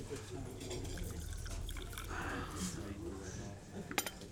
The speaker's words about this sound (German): Darf ich Ihnen jetzt Kaffee einschenken? Der müsste doch hier stehen. Ah ja. Und Ihre Tasse, bitte sehr.